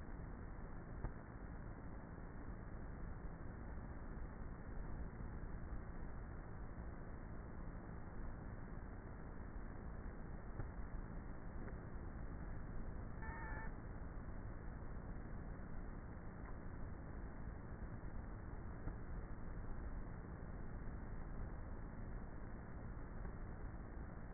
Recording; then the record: honeybee colony, microphone inside the hive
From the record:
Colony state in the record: queenless with a low population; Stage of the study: before two queens were removed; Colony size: about 30,000 bees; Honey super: no